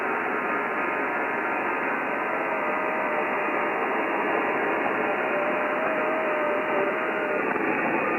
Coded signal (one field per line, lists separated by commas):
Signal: FT8